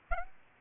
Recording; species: mosquito wingbeat signal from an infrared sensor; Aedes aegypti